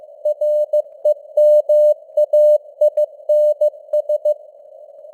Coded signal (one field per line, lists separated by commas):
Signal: Morse code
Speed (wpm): 15 wpm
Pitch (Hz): 600 Hz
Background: none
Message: REMAINS